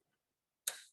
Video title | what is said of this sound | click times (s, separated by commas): 1st AC Workshop with Rachel Dusa and Guest Lauren Peele | and it should just click very nice click satisfying clicks | 0.7 s